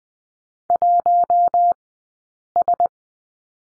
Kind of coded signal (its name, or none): Morse code